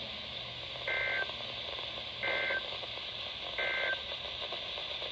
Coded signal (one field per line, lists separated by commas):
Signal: Emergency Alert System (SAME) tones